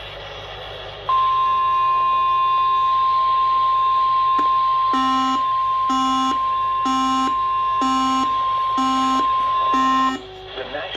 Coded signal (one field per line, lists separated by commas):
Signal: Emergency Alert System (SAME) tones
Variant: 1050 Hz attention tone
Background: speech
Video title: STORMS IN THE NORTH... EAS Alerts from 7/25/22 (EAS #1,095-1,125)